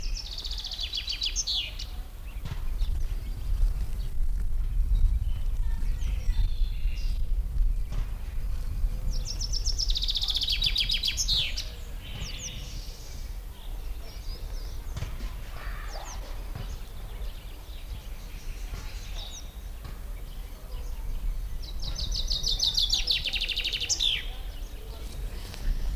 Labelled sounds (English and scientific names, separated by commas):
Common Chaffinch (Fringilla coelebs)